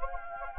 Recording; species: mosquito wingbeat signal from an infrared sensor; Anopheles gambiae